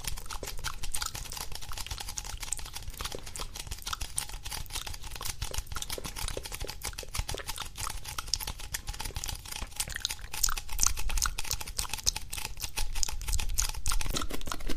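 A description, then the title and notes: Gum chewing with sticky tapping and wet mouth sounds runs through the whole fifteen seconds. Dense, rapid clicks and smacks crowd together without pause, crisp and bright, over a low rumbling undertone that swells slightly near the end. Sticky Tapping and Mouth Sounds, Gum Chewing.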